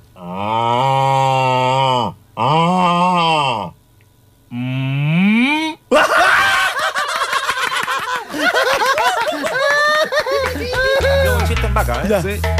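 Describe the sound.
People tell a joke about cow doctors in imitated cow moos, with three long, loud, wavering moos from one voice, then several voices mooing over one another with rising and falling pitch, and a low rhythmic thumping near the end.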